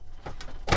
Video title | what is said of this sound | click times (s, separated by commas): Festool CT-SYS Vac Review | once you're down in it'll just snap in place and there you go | 0.7 s